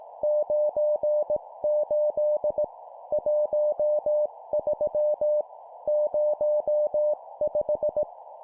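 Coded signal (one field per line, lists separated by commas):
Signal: Morse code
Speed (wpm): 18 wpm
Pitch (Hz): 600 Hz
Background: none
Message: 98 13 05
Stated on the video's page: Morse code practice at 17 WPM, two-number words.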